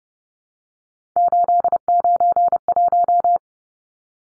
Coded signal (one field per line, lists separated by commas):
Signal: Morse code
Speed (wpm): 30 wpm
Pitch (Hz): 700 Hz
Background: none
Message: 891